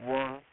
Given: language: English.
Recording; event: throat vibration sensor signal played as sound; speech